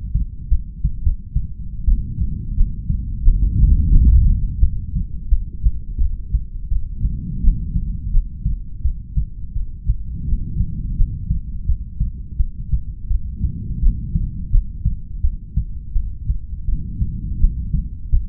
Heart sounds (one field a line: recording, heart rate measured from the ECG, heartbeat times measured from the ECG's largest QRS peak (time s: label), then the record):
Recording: heart sounds by stethoscope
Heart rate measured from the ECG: 85 bpm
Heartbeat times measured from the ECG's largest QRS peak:
0.51 s: heartbeat
1.04 s: heartbeat
1.87 s: heartbeat
2.57 s: heartbeat
3.25 s: heartbeat
3.94 s: heartbeat
4.62 s: heartbeat
5.31 s: heartbeat
6.00 s: heartbeat
6.71 s: heartbeat
7.43 s: heartbeat
8.13 s: heartbeat
8.84 s: heartbeat
9.55 s: heartbeat
10.27 s: heartbeat
10.98 s: heartbeat
11.68 s: heartbeat
12.39 s: heartbeat
13.09 s: heartbeat
13.82 s: heartbeat
14.52 s: heartbeat
15.23 s: heartbeat
15.94 s: heartbeat
16.67 s: heartbeat
17.41 s: heartbeat
18.12 s: heartbeat
From the record:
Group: heart failure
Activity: rest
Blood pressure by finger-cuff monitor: 108/58 mmHg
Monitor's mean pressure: 76 mmHg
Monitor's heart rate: 86 bpm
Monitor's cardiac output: 9.9 L/min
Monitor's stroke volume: 117 mL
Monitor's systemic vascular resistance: 550 dyn s/cm5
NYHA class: 1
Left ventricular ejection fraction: 39%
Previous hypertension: present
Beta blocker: carvedilol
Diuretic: furosemide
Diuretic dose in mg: 20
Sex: male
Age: 60 years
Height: 178 cm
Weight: 62 kg